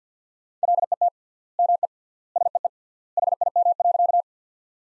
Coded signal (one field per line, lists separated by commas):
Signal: Morse code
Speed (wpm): 50 wpm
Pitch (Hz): 700 Hz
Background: none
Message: LET ME SEE HIM.